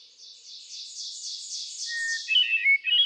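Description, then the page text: Hermit thrush: a high, pulsing buzzy sound fills the first two seconds and overlaps a clear whistled note, which is followed by a fluty, rippling flourish. Male bird cycling through a repertoire of about ten different songs; recorded 13 June 2006 at Quabbin Park, Ware, Massachusetts. "Birdsong for the Curious Naturalist. Hermit thrush. A truly gifted and inspiring songster. Can you hear how he cycles through his repertoire of about ten different songs? June 13, 2006. Quabbin Park, Ware, Massachusetts"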